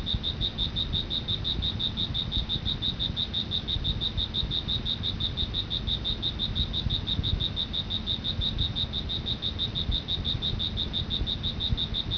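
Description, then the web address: Cricket chirping, a continuous high trill of quick even pulses, with low rumbling noise beneath. "特酷声音素材库 动物 昆虫 蟋蟀"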